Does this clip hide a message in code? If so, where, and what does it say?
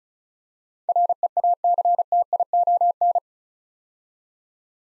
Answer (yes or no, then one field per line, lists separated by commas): yes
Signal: Morse code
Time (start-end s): 0.9-3.2 s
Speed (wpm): 34 wpm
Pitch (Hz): 700 Hz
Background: none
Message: REACTION